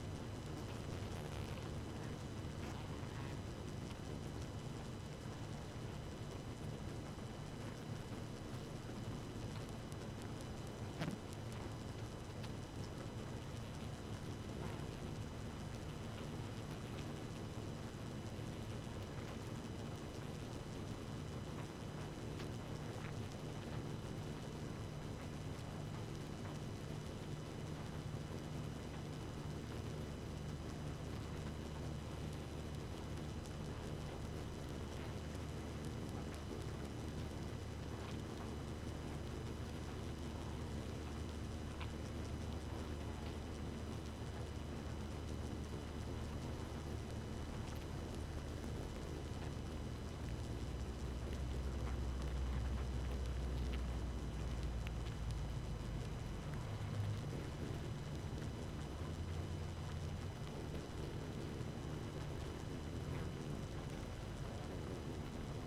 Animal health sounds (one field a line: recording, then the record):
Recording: honeybee colony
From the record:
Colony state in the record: active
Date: 12 June 2018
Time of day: 2:36